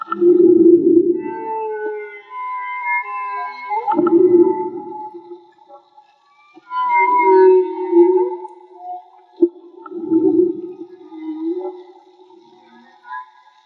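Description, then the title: Whale song mixing four rough groaning bursts with high, wavering harmonic whines and moaning tones, one sharp click near nine seconds. Field recording made with DIY hydrophones built by the recordist; audio cleaned afterward. "CANTO DE BALLENAS MAGMA"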